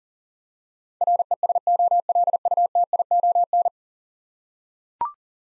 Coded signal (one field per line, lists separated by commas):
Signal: Morse code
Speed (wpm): 40 wpm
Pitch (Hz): 700 Hz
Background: none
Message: RESOLUTION